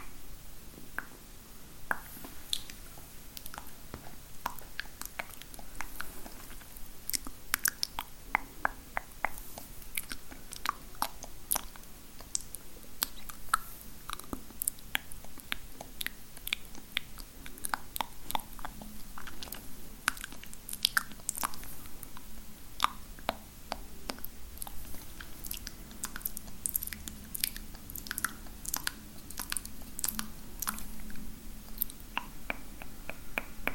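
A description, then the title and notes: Wet mouth sounds and spit painting, with sharp clicks and taps scattered densely throughout, clustering in quick bursts. Soft squishy and smacking noises sit under the clicks, over a faint steady low hum in the background. ASMR Girl With Long Nails Spit Paints You With Random Objects.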